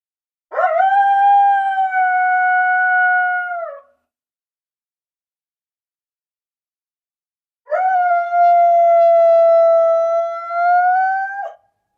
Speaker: And I can't think of a better way to send you off but with a solo coyote howling.